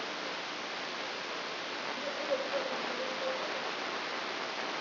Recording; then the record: brain microelectrode recording played as sound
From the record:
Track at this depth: outside the subthalamic nucleus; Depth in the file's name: 9.104 mm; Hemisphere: left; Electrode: 3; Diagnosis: Parkinson's disease